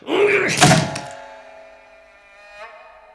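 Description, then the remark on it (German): A heavy, booming thud against a study door bolted from the inside, a second blow close behind, then a long metallic ringing that slowly fades, broken by one faint knock near the end. “Aber Langs Arbeitsraum schien von innen verriegelt zu sein. Öffnen Sie die Tür, Lang!”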